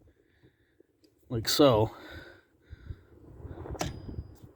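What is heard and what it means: A latch lever under a car's dashboard, near the brake and hood release, is pulled out and handled while someone talks. A short sharp transient sounds at about 3.8 s, but the latch has not yet clicked back into place or seated by the end of the clip.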